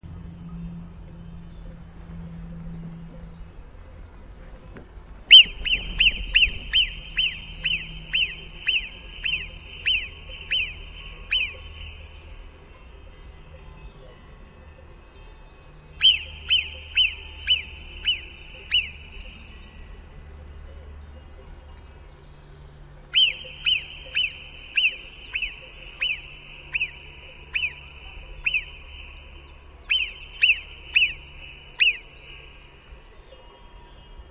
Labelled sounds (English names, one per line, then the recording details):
Alpine Marmot alarm call
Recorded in the wild
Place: Brand, Alpen, Vorarlberg, AT
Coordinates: 47.0872, 9.70472
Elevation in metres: 1508
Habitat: alp
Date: 2010-07-20
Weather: fair, 20°C, weak winds
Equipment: Sound Devices 702, Sennheiser MKH 70, Rycote Windschutz
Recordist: Frommolt, Karl-Heinz